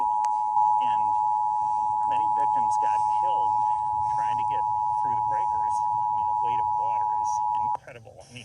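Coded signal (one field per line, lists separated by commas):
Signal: Emergency Alert System (SAME) tones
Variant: 853 and 960 Hz attention tone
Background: speech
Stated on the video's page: Severe thunderstorm warning on TV.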